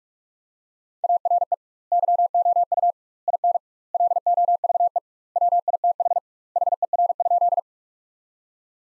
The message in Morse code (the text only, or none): ARE YOU IN LOVE WITH HER?